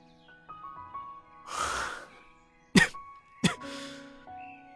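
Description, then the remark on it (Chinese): A breathy, rushing exhale gives way to two short, sharp coughs a moment apart, stifled and muffled, as a wounded man's attempted laugh turns into a cough in an audio drama, over soft, sustained musical tones with no talking. “薛远想笑，笑声到了喉咙就变成了闷声的咳嗽”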